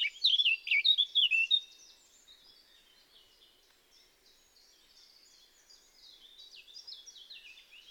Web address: SETE data Sylvia atricapilla